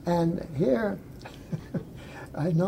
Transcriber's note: laughs